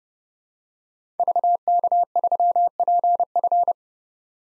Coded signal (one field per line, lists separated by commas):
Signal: Morse code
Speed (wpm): 30 wpm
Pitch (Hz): 700 Hz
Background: none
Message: VK3PF